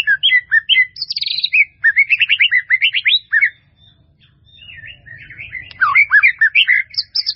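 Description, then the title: White-rumped Shama singing a varied medley of whistled and chattering phrases, quick repeated slurred notes, a short quiet gap, then rising and falling loud phrases; faint low rumble. "murai batu"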